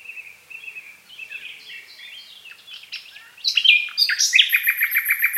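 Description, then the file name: Common nightingale song with soft varied notes, then a loud burst leading into a fast, evenly repeated pulsing trill. "Luscinia megarhynchos"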